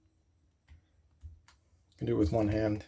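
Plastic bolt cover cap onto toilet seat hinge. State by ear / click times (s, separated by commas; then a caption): seated / 1.5 s. A plastic bolt cover cap is pushed onto a toilet seat hinge and snaps on with a clear click at 1.5 seconds, after a fainter tap near 0.7 seconds. Someone then talks. The cover is seated on the hinge.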